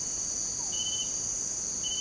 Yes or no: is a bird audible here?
no